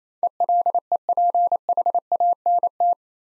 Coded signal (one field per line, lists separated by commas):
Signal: Morse code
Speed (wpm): 28 wpm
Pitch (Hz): 700 Hz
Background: none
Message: ELEPHANT